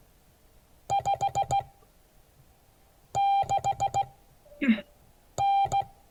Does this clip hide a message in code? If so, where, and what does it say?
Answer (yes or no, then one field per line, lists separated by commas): yes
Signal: Morse code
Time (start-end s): 0.9-5.8 s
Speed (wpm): 16 wpm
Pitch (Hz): 790 Hz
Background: none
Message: 56N